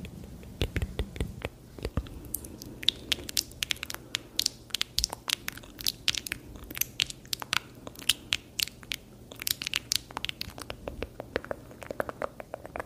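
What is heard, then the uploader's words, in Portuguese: Wet mouth sounds with rapid little smacks and clicks, a dense, irregular stream of sharp bright pops throughout. A few heavier, deeper smacks land in the first two seconds, and a faint low hum runs steadily underneath. Sons de Boca Intenso. Sons de boca molhados e estalinhos.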